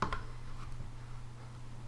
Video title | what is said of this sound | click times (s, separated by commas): PTR 91 (HK91/G3) disassembley | and then I just locked into place right there it's pretty tight so it's not going to really fall off and that's all | 0.0 s